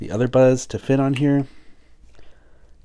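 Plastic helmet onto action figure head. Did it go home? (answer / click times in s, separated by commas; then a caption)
no / none. Someone talks while fitting the plastic helmet from another Buzz Lightyear action figure onto the head of a Mattel Lightyear Buzz 5-inch action figure, followed by quiet with a faint, brief tick near 2.2 s. Nothing has snapped or clicked into place yet; the helmet does not snap on, though it stays on without falling off.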